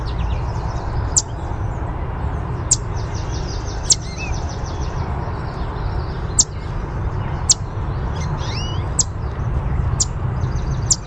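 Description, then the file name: Yellow warbler chipping: loud sharp chips repeated every second or two, with a faint trilled song and other soft bird notes behind, over low rumble. "YWAR chip song"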